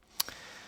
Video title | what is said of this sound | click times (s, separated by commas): Rmalti RM001 (Grand Seiko Homage) 4K Watch Review | it snaps up with a nice positive click so it's a very well executed two bottom push clasp with | 0.2 s